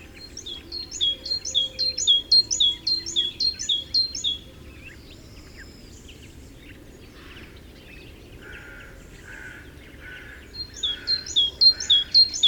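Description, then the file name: Great tit singing a rapid run of two-note phrases for about four seconds, falling quiet with faint softer chirps, then resuming the same ringing phrase near the end. "Parus major"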